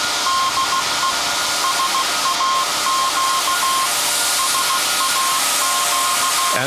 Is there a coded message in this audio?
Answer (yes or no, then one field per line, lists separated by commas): yes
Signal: Morse code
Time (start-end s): 0.3-6.6 s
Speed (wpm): 16 wpm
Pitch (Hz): 1060 Hz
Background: none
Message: DE SAQ SAQ